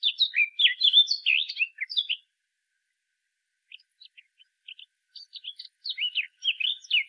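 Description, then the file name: Eurasian blackcap warbling: a loud run of quick, fluty whistled notes, a pause, then faint scattered chips leading back into more whistled warbling. "Sylvia atricapilla"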